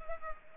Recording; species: mosquito wingbeat signal from an infrared sensor; Culex pipiens